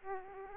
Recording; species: mosquito wingbeat signal from an infrared sensor; Aedes aegypti